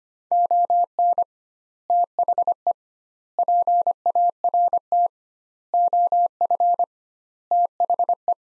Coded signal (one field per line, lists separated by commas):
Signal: Morse code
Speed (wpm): 25 wpm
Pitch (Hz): 700 Hz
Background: none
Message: ON THE PART OF THE